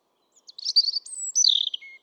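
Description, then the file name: European robin singing a quick high jumble of notes, a long thin whistle, a falling slurred run, and a soft low pure tone. "Erithacus rubecula"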